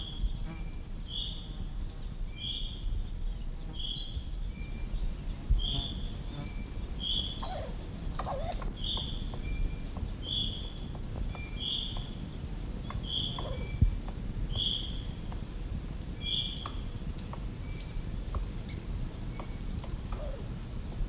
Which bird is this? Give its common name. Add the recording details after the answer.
Common Chaffinch. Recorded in the wild. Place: Mežakla, Julijske Alpe, Gorenjska, SI. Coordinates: 46.4, 14. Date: 1967-06-17. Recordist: Brunner, Thomas